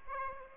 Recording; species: mosquito wingbeat signal from an infrared sensor; Aedes aegypti